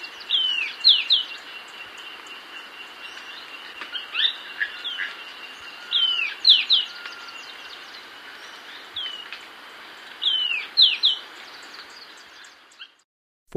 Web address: Birds of Ecuador Golden-faced Tyrannulet (possible unnamed taxon)